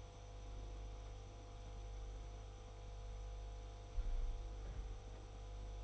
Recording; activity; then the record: daily activity, microphone in the room; make coffee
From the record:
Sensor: 5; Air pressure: 991.0 hPa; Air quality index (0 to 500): 142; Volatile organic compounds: 116 ppm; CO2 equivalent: 3852 ppm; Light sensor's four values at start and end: 37/115/44/47 and 37/115/44/47